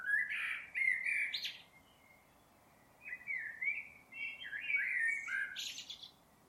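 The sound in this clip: Bird calls, two bursts of sliding, warbled whistled notes with buzzy higher upsweeps, separated by a short pause, over steady background hiss.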